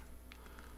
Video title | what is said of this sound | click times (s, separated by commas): Deals with David - Amazon Deals | pop it down, locks into place, | 0.3 s